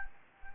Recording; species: mosquito wingbeat signal from an infrared sensor; Anopheles gambiae